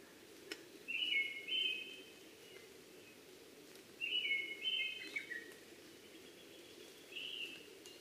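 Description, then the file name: Brown-headed thrush singing two whistled phrases of bright notes ending in a lower slurred note, about three seconds apart, with a softer third phrase and a low hum beneath. Recorded 12 June 2010 at 03:45. "akahara tutudori-20100612-0345"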